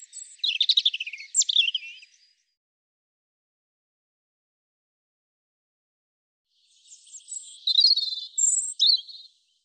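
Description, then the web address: European robin with two separate high, tinkling song phrases, with silence in between. "cianscape birddata Deverinetal 2025 Bird Er Ru"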